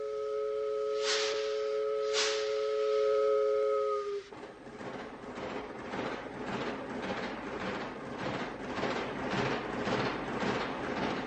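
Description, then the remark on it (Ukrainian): A steam whistle blows a steady multi-tone chord for about four seconds, then the departing Moscow train takes over with rhythmic chuffing and clattering that gradually picks up pace, with hissing throughout. “Бахеру кидается до окна и глядит на мелькающие агентчики одышевшего поезда.”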